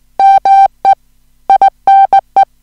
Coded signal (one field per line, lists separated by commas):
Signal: Morse code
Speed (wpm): 18 wpm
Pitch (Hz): 780 Hz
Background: music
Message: MEINE